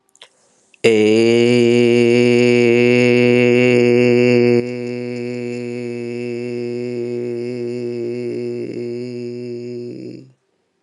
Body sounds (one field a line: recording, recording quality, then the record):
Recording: sustained vowel as in made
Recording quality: excellent, no background noise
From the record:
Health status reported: respiratory illness, not identified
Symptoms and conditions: hypertension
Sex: male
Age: 45 years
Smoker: not ticked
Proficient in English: yes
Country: Canada